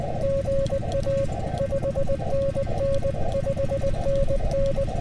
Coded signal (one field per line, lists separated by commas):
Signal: Morse code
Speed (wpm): 18 wpm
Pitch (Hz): 550 Hz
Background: music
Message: GA 5NN 5NN